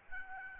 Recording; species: mosquito wingbeat signal from an infrared sensor; Aedes albopictus